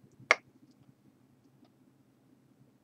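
A small plastic applicator nozzle is forced down onto the neck of a cyanoacrylate glue bottle, where it press-fits by force. A single sharp, bright click at 0.3 s marks the nozzle seating fully, followed by near-silence with faint low background rustle. The nozzle is seated.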